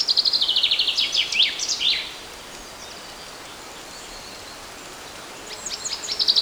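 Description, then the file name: Common chaffinch singing a phrase of rapid descending notes with a flourish at the end, a pause of hiss, then another phrase begins and is cut off. "Fringilla coelebs"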